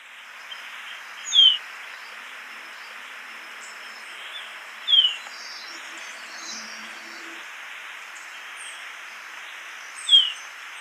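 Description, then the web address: Golden-rumped euphonia song: three short, high, down-slurred notes spaced several seconds apart, over a steady hiss. Recorded in Ecuador. "Natures Songs S America Birds of Ecuador Golden-rumped Euphonia"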